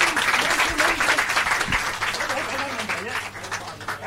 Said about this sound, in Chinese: 我哋最热烈嘅掌声欢迎